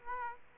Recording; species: mosquito wingbeat signal from an infrared sensor; Aedes aegypti